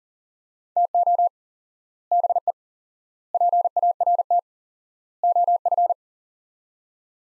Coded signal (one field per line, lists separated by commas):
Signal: Morse code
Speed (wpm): 37 wpm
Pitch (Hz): 700 Hz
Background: none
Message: TO BE PART OF